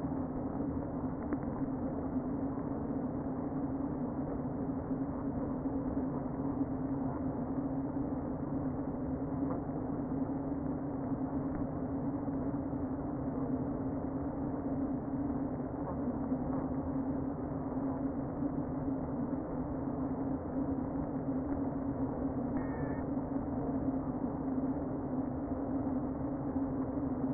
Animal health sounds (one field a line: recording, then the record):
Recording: honeybee colony, microphone inside the hive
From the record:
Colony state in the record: queen present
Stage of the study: before two queens were removed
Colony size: about 60,000 bees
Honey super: yes